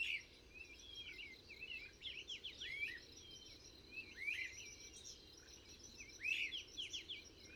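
Bird song, rapid clusters of downslurred chirps in repeated bursts over a hissy background.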